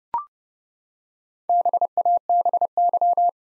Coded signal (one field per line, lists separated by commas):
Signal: Morse code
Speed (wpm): 30 wpm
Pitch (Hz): 700 Hz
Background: none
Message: BABY